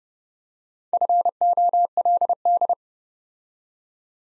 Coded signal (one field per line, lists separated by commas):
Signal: Morse code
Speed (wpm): 30 wpm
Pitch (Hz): 700 Hz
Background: none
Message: FOLD